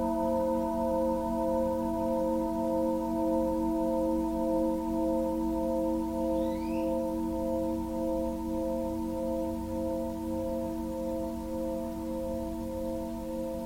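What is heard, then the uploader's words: A Tibetan singing bowl rings with a steady, sustained hum, its layered tones holding for the whole fourteen seconds and wavering in a slow, regular beat. A faint bird chirp sounds once around the middle, with a soft low rumble underneath. Tibetan Singiing Bowl のサウンドヒーリングチャンネル LIVE.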